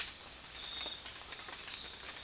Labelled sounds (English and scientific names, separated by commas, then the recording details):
none
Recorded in dense forest near Puerto Asís, Putumayo, Colombia, on 19 March 2025 at 00:30
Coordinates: 0.503, -76.323
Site GP09